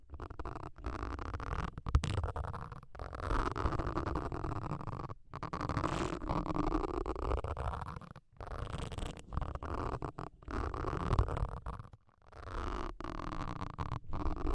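Deep ear cleaning with rough, scraping and rubbing sounds that swell and fade in uneven strokes. The texture is dense and low, with muffled crackles, and brief near-silent gaps break it up around 5, 8 and 12 seconds.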